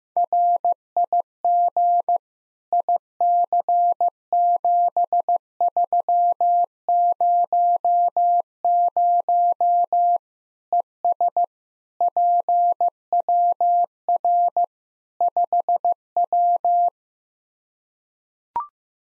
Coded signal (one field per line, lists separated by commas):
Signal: Morse code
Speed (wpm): 16 wpm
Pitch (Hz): 700 Hz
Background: none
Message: RIG IC7300 ES PWR 5W